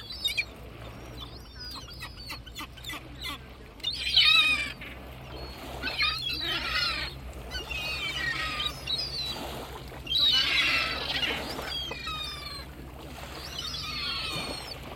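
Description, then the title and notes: Gull calls, many birds crying at once in harsh bursts of squealing notes, with loud peaks around four and ten seconds over a low hum. Various Atlantic gull species scavenging mussel remnants as two fishermen clean mussels, fishing port of Baleeira, Sagres, Portugal. "Fishing port, Baleeira. Baleeira in Sagres. various breeds of Atlantic seagulls, gracefully scavenging the remnants of mussels being cleaned by two diligent fishermen. Recorded by Rafael Diogo. Music for Sleep"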